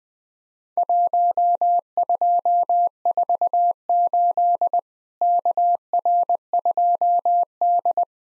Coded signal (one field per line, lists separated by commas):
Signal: Morse code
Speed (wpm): 20 wpm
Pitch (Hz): 700 Hz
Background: none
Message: 1248 KR2D